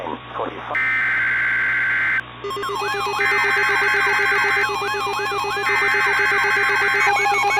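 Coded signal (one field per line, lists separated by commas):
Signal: Emergency Alert System (SAME) tones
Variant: header bursts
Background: speech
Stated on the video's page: Fictional mock EAS flash flood alert for New York using valid SAME tones.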